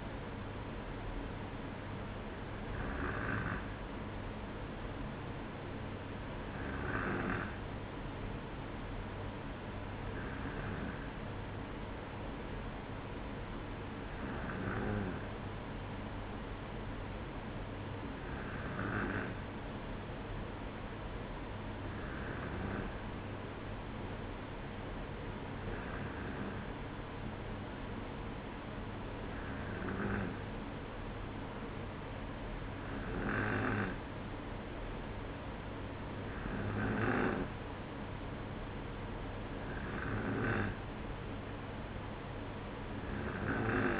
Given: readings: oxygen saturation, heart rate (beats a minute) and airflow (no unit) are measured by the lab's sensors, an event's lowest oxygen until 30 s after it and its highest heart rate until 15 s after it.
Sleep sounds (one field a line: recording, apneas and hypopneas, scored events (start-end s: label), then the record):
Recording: breathing in sleep by a voice recorder at the bedside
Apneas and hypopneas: none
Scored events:
none scored
From the record:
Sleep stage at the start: N2 (light sleep)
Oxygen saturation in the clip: 94%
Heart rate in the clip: 56 to 57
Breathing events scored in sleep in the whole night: 305 in 9.6 hours asleep